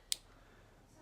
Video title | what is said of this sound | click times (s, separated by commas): Taurus spectrum firing pin removed | here's a little click there's a little click that is the the spring in there that | 0.1 s